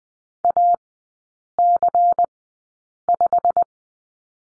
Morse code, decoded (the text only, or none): AC5